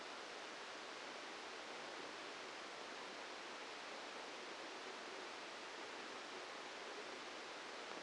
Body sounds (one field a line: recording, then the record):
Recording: brain microelectrode recording played as sound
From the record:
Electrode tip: outside the subthalamic nucleus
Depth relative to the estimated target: 3 mm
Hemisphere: left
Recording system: NeuroSet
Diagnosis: Parkinson's disease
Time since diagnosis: 8 years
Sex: male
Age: 65 years